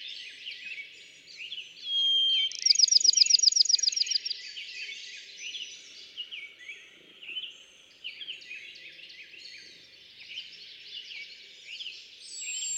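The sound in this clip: Bachman's sparrow song: a brief clear whistle, then a rapid bright trill, over a busy chorus of other chirping birds.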